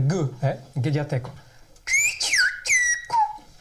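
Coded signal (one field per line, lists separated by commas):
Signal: whistled language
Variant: Whistled Occitan of Aas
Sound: a man talks briefly, then several gliding whistled phrases rise and fall in pitch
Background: speech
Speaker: un cours de langue, oui, mais de langue sifflé. De l'appel à la cloche de faim, tout sera parlé en langue sifflée. On les appelle les siffleurs d'ass. A s et cela vient du langage occitant. On écoute un extrait, ça vous dit ?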